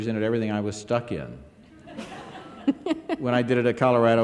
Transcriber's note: soundbite of laughter